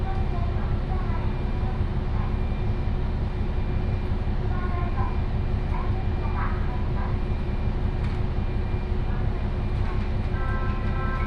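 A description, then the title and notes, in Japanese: A train on the Ibara Railway runs at a steady pace, with a dense low rumble and fast regular rattling throughout. A faint steady whine sits above the rumble, and short bursts of voices or squeals break in around four, six to seven, and ten seconds. 井原鉄道 道上→神辺→備中呉妹。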